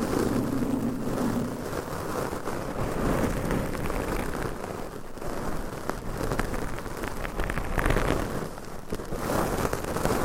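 Scratching, tapping and brushing on a microphone cover fill the clip with a dense, continuous rustle. Quick scraping strokes and small taps pile up without pause, with a low rumbling hum in the first second and a brighter, harsher stretch of strokes around eight seconds.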